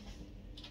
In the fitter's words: you hear that just locked yay and then lift up the other side